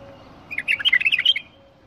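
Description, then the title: Bulbul song: a single quick, liquid phrase of many warbled notes lasting about a second. "اجمل تغريد بلبل بدون اخطاء بلبل طور"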